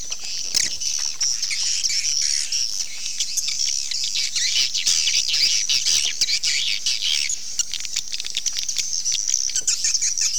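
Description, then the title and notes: Swiftlets calling in a steady, crowded chorus of shrill, high chirps and twitters, with faint clicking underneath. Associated with swiftlet farming in Asia. "Swiflet Bird Sound. Farming Swiflet Bird asia sound"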